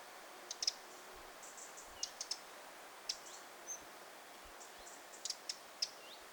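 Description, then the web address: Eurasian wren tick calls: sharp, high clicking notes, single or in quick pairs, scattered throughout, with faint higher chirps and soft background hiss. Brood of a parent and at least five young, 9 August 2026. "paivat 9 8 2026 peukaloinen pesue emo ja ainakin viisi poikasta"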